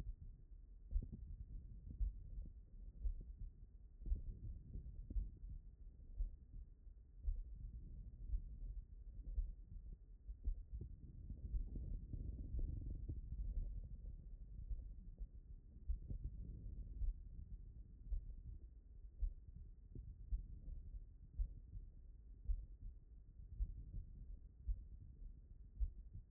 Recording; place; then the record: heart sounds by stethoscope; pulmonary valve (PV)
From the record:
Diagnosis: HFrEF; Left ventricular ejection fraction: 33%